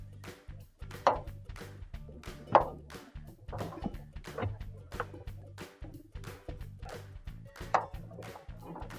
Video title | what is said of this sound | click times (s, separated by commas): WH1X2729 - Replacing Your GE Washer's Flood Hose Gasket -AP2044901, PS271102 | So, we're just going to push that tab down and lock it into place, okay. | 1.1 s, 2.6 s, 5.0 s, 7.8 s